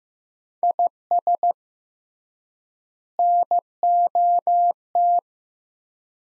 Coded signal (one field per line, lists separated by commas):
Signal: Morse code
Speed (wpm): 15 wpm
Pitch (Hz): 700 Hz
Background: none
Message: IS NOT